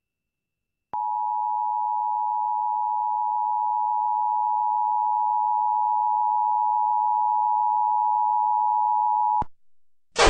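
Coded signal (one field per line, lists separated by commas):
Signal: Emergency Alert System (SAME) tones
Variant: 853 and 960 Hz attention tone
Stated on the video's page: Broadcast EAS activation relayed by an AM station for an AMBER Alert, with siren.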